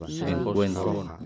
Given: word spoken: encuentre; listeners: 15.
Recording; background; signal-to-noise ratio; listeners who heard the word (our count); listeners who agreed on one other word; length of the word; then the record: one Spanish word in noise, from a listening test; four-talker babble; -0.1 dB; 0 of 15; 8 of 15; 0.86 s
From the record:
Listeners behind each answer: 8, 1, 1, 1, 1, 1, 1, 1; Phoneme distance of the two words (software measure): 10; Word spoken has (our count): 3 syllables, 9 phonemes, stress on syllable 2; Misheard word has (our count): 3 syllables, 9 phonemes, stress on syllable 2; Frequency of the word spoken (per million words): 13.78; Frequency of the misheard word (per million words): 135.81